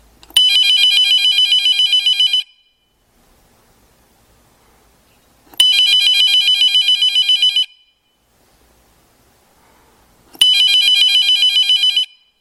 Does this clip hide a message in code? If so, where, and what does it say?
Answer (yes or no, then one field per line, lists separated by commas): no